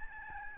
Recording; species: mosquito wingbeat signal from an infrared sensor; Aedes albopictus